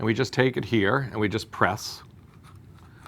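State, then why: Seated. A man talks for about two seconds, then presses the fully inserted depth adjuster, which also serves as the plunger, down into a reusable auto-injector housing. Faint rustling follows, and the plunger cocks with a sharp click at 3.1 seconds, leaving the rod sticking out.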